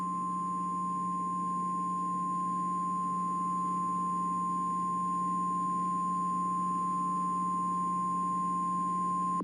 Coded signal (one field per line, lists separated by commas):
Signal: Emergency Alert System (SAME) tones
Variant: 1050 Hz attention tone